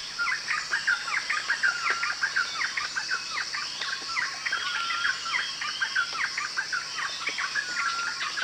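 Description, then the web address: Yellow-vented bulbul calls: dense, bubbly chattering notes, continuous, over a steady high insect drone. Recorded at Danum on 1 January 2008. "DANUM 20080101. yellow-vented bulbul"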